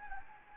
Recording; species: mosquito wingbeat signal from an infrared sensor; Anopheles gambiae